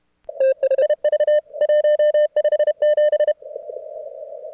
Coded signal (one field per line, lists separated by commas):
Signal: Morse code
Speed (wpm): 32 wpm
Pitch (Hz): 1800 Hz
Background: none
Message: IV 157